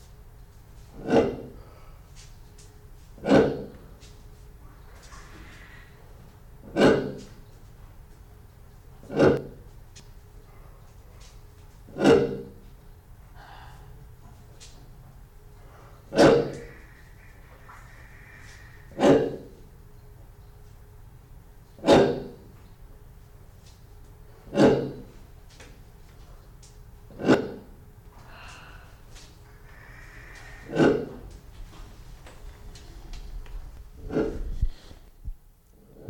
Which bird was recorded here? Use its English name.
Kori Bustard